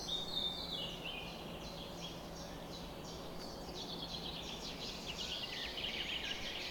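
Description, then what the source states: Bird: dawn chorus of many birds, high chirps and trills overlapping continuously, with a faint low hum below. Summer morning bird chorus recorded at 4:40 am.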